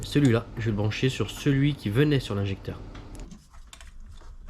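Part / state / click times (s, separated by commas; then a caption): ethanol kit harness connector onto fuel injector / not seated / none. Someone talks while handling the ethanol flex-fuel kit harness connector, bringing it to the plastic connector of a Denso fuel injector on a car engine to plug it in. After the talk, faint short handling clicks and ticks are heard around 2.9–3.8 s. Nothing has seated or clicked in yet.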